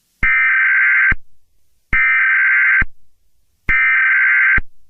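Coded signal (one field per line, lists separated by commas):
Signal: Emergency Alert System (SAME) tones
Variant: header bursts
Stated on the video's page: A fictional EAS scenario, not a real alert, set in New York City.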